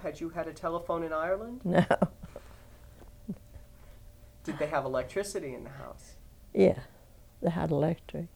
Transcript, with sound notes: Had you had a telephone in Ireland?
No. (she laughs)
Did they have electricity in the house?
Yeah, they had electric.